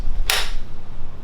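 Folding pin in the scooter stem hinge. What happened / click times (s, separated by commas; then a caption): The metal locking pin clicked into place / 0.3 s. After the stem is locked, an Apollo electric scooter gets a firm forward push, and the metal folding pin at the base of the stem hinge snaps into place with one sharp, bright click at 0.3 s over a low background rumble. The pin is seated.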